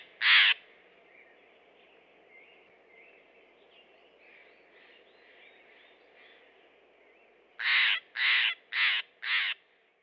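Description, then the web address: Steller's jay calling once harshly, a quiet stretch of soft background bird notes, then a run of four rasping calls spaced about half a second apart. Western North America. "Dan Gibson Wildlife Identification By Sound, Western North America. Steller's Jay"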